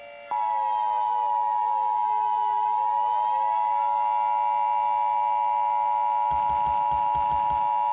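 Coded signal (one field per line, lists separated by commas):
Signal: Emergency Alert System (SAME) tones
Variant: 853 and 960 Hz attention tone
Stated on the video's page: Fictional EAS scenario, not real.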